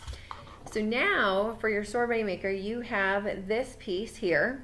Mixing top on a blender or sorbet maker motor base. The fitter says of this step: now I'm going to lock it in okay I'm going to lock it in you'll hear it click so